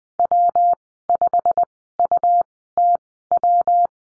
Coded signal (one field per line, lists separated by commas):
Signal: Morse code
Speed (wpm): 20 wpm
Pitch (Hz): 700 Hz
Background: none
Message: W5UTW